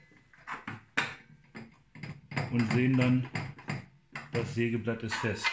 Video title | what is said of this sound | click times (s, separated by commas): Bosch GTS 10 XC Reinigung und Sägeblattwechsel | wir nach oben drehen das sägeblatt etwas bis dieser ganz oben einrastet und sehen | 1.0 s